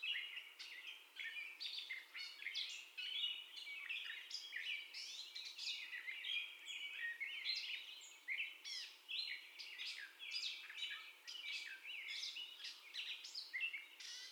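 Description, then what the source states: Gray catbird song, an unbroken, improvised-sounding string of scratchy chatter, whistles and squeaks lasting the whole stretch. First song of the gray catbird, recorded on 30 May 2021.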